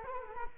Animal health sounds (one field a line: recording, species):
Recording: mosquito wingbeat signal from an infrared sensor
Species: Culex quinquefasciatus